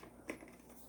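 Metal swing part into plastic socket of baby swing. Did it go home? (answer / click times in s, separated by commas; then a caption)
no / none. A metal swing part is worked into the plastic socket of a Graco Simple Sway baby swing, with one short, sharp handling knock at about 0.3 s over low rustling. Nothing has seated or clicked yet; the part is still being pushed toward its snap-in position.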